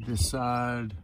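Someone talks briefly while handling a blower motor part during a BMW E38 740iL blower motor replacement, as the other end of the part is about to slide into a small white plastic receptacle. Only speech is heard, with no distinct click. Nothing has seated or clicked yet.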